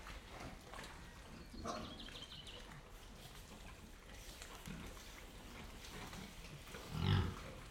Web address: three animals pigs in wet mud feeding drinking slow activity internal shed